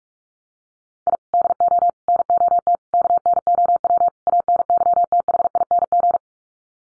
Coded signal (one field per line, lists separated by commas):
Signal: Morse code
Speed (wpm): 45 wpm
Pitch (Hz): 700 Hz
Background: none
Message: I DO NOT KNOW ANYTHING